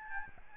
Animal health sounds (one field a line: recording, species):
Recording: mosquito wingbeat signal from an infrared sensor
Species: Aedes albopictus